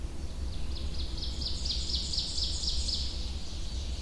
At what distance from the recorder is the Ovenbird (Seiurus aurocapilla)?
about 60 m